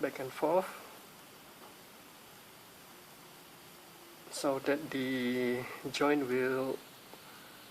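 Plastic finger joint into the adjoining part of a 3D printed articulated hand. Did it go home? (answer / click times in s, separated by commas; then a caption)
no / none. A plastic finger joint of a 3D printed poseable hand model is handled against the adjoining part of the articulated hand while someone talks at the start and again near the end, with a long quiet stretch in between. Nothing has snapped into place or seated yet by the end of the clip.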